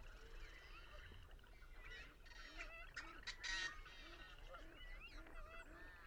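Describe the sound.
Birds calling in a dense flock, a steady chorus of short, arched honking notes mixed with higher squealing and rasping calls, overlapping continuously throughout.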